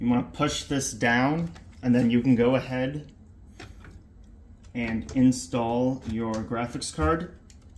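A graphics card is being handled before it goes into a motherboard's PCIe slot while someone talks. A few faint handling sounds come during a pause around 3.6 to 4.2 seconds. Nothing has seated or clicked yet.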